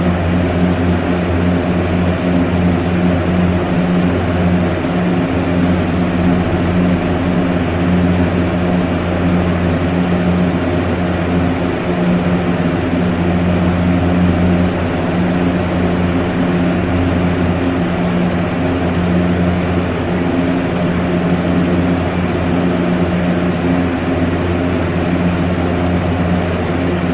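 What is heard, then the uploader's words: A fan running on a medium setting gives off a steady, unbroken whir for the full length. A low hum with a few tones droning underneath stays level throughout, under an even airy hiss, with no changes or separate events. Here is a fan on medium setting.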